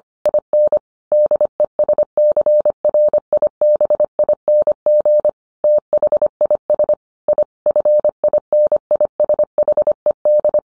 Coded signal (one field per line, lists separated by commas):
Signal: Morse code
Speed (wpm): 25 wpm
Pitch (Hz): 600 Hz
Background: none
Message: IN DESCRIBING THIS I FINISHED